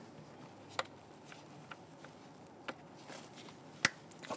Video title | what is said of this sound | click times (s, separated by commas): How to Replace Oil Filter Housing and Cooler 2011-2021 Jeep Grand Cherokee 3.6L V6 | press it on you can feel it and hear it click into place | 3.8 s